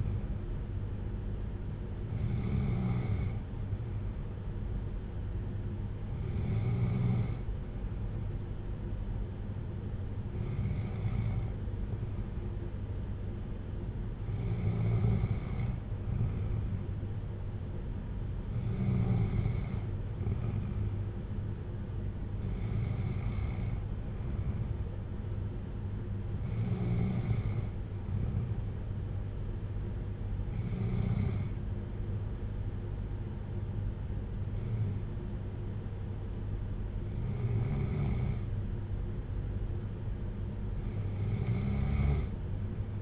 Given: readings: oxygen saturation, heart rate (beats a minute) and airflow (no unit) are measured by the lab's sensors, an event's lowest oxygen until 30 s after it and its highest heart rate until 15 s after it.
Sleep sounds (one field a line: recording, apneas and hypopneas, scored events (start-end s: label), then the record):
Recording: breathing in sleep by a smartphone at the bedside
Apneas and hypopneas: none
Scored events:
none scored
From the record:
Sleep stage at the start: N2 (light sleep)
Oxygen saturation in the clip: 94 to 95%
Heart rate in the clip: 55 to 61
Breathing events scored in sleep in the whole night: 310 in 8.1 hours asleep